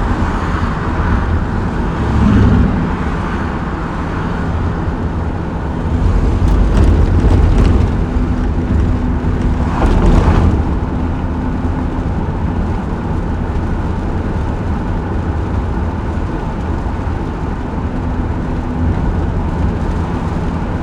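A car drives along with a steady low rumble of engine and road noise that fills the whole clip. Brief louder swells pass around 2, 7 and 10 seconds, like other vehicles going by, and a faint tone hums underneath.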